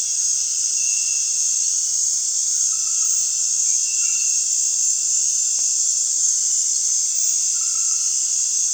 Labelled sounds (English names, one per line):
none